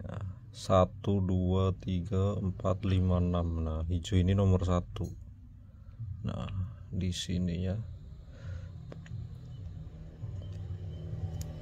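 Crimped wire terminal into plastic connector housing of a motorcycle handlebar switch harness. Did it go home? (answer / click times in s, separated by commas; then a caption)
yes / 11.4 s. Someone talks while wiring the left handlebar switch of a motorcycle harness, fitting an NMAX left switch to a Lexi, and pushes a crimped metal wire terminal into its numbered slot in a plastic connector housing. Faint ticks follow around 8.9 and 9.1 seconds, then a sharp click at 11.4 seconds as the terminal seats fully in the housing.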